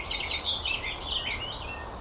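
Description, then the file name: European greenfinch twittering call, a continuous run of quick chirpy, trilled notes that wavers up and down throughout, over a soft background hiss. "Chloris chloris"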